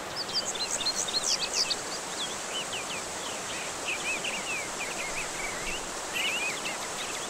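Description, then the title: Bird song: quick high chirps and slurred notes in a busy stream, partly masked by strong, steady rushing water noise. Bird song combined with waterfall sound, used as therapy to help stressed birds recover and sing regularly again. "Kombinasi suara kicauan dan air terjun untuk terapi pemulihan burung stres"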